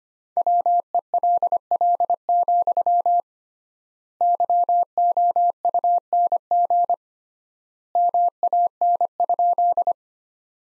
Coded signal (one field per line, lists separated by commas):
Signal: Morse code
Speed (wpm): 25 wpm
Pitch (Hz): 700 Hz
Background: none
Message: WELL, YOUNG MAN?